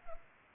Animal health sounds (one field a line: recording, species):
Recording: mosquito wingbeat signal from an infrared sensor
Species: Culex pipiens